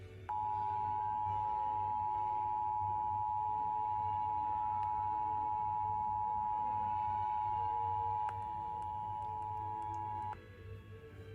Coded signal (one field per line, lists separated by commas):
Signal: Emergency Alert System (SAME) tones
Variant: 853 and 960 Hz attention tone